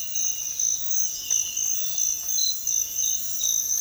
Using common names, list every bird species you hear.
none